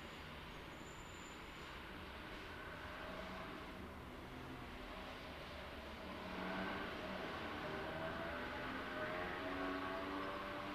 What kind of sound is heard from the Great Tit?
call